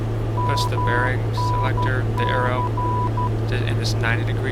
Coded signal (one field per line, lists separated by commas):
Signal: Morse code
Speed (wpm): 12 wpm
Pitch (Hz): 990 Hz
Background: speech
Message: MNC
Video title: Radio Aids to Navigation (VOR/NDB) | A2A 182T | ORBX PNW